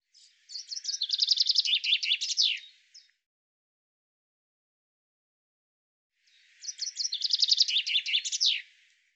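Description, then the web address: Bird giving two similar song phrases about six seconds apart, each a rapid series of high chirps merging into a trill and dropping at the end. "cianscape birddata Deverinetal 2025 Bird Fr Co"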